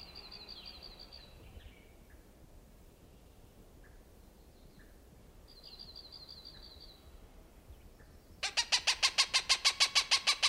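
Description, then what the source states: Cooper's hawk launches a rapid, regular run of harsh cak notes in the closing seconds, after quiet high buzzy trills and soft ticks. Recorded June 21, 1995.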